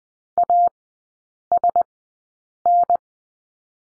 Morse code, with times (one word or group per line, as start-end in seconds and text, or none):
0.4-0.7 A
1.5-1.8 S
2.7-3.0 N